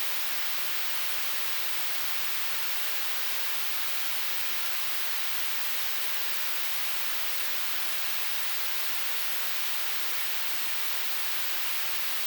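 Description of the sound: Simulated tinnitus: a steady, continuous broadband hissing noise, strongest in the high frequencies, unchanging from start to end.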